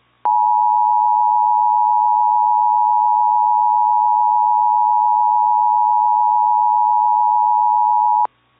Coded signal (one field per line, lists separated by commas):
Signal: Emergency Alert System (SAME) tones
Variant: 853 and 960 Hz attention tone